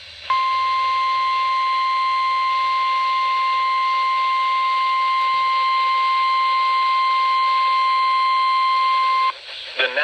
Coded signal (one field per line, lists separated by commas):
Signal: Emergency Alert System (SAME) tones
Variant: 1050 Hz attention tone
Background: speech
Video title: Severe Thunderstorm Warning - 07/06/17 (EAS #1,422)